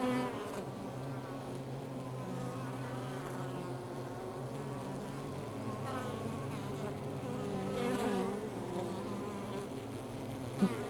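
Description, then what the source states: Honey bees buzzing, a continuous low drone from many insects, swelling slightly around the eighth second. Recorded outside a beehive.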